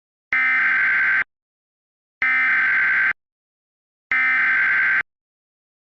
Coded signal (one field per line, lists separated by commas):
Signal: Emergency Alert System (SAME) tones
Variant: header bursts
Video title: EAS Scenario 1: The Big Orlando Riot of 2022!